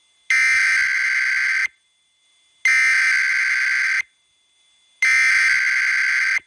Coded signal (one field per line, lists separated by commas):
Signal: Emergency Alert System (SAME) tones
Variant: header bursts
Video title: Eas extreme wind warning 8/29/2021